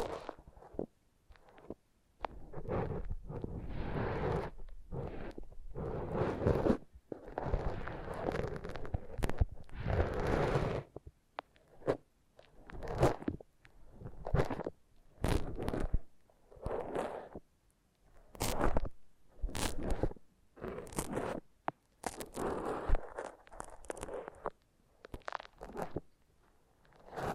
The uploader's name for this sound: Foam Massage